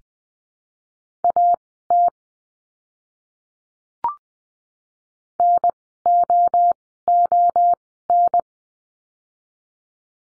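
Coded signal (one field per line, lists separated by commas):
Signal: Morse code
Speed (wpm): 20 wpm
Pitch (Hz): 700 Hz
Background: none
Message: A T N O O N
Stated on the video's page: Morse code course lesson drilling words with the letter I, at Farnsworth speed of 20/10 wpm.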